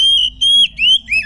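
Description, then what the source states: Magpie-robin song in a brief run of clear, high whistled notes, each held briefly and bending slightly, four phrases in quick succession. Song in the ngekek style, with tembakan phrasing.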